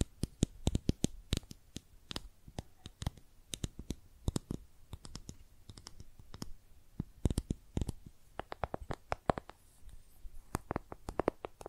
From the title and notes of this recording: ASMR Makeup Tapping & Scratching Sounds (No Talking).